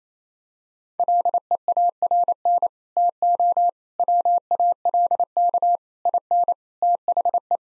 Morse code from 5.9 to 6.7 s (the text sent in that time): IN